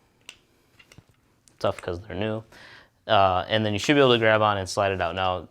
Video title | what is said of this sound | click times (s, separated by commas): $500 AR-15 Build in 2022?! | and they click out. | 0.3 s